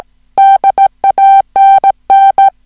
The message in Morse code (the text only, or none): DANN